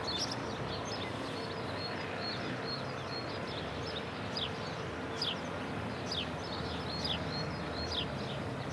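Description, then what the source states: Sparrows giving quick, sharp chirps against a continuous noisy outdoor background. More than one sparrow.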